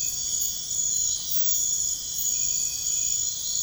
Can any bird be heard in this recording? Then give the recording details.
no. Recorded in pastures near Puerto Asís, Putumayo, Colombia, on 21 March 2025 at 02:00. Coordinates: 0.502, -76.324. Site GP07